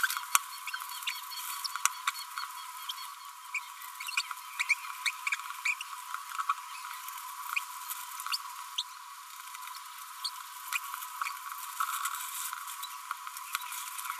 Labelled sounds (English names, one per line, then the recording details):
Green-rumped Parrotlet babbling
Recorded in a nest box in Venezuela
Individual 18B25A4